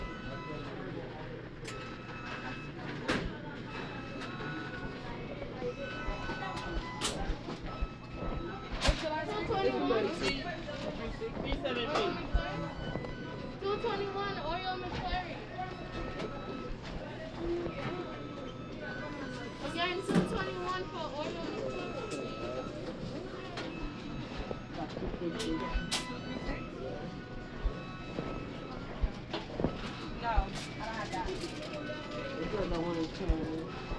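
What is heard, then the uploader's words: A McDonald's in New York hums with steady overlapping voices and a low drone, punctuated every few seconds by sharp clicks and clatters. NYC sounds: McDonald's.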